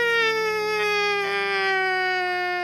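A long, sustained wail of a cat that sounds eerily like a crying baby, holding one steady high pitch and sliding slowly downward over a few seconds, loud and unbroken.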